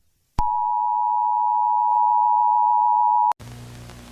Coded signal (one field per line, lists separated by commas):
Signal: Emergency Alert System (SAME) tones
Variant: 853 and 960 Hz attention tone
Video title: eas scenario catemojibabyheat part 26 everyone is back